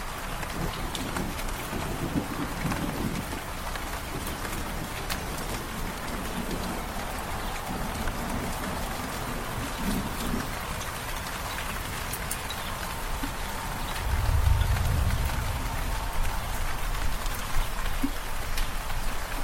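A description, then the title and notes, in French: Steady, dense rain patters while distant thunder rumbles low, swelling into a louder deep roll around fourteen seconds. Pluie, orage et tonnerre au loin. Écouter le bruit de la pluie qui tombe et du tonnerre qui gronde. Écoutant les gouttes de pluie s'écraser doucement contre les fenêtres tandis que le tonnerre gronde au loin.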